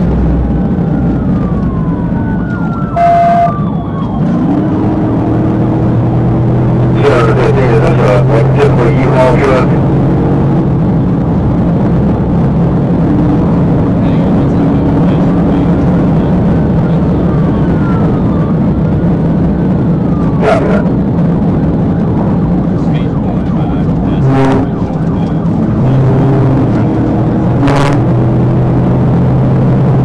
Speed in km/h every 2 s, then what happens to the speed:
145, 135, 148, 159, 169, 175, 180, 184, 184, 171, 159, 140, 138, 151, 164.
0-2 brakes to 135. 2-14 speeds up to 184. 14-23 brakes to 138. 23-30 speeds up to 164.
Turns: none.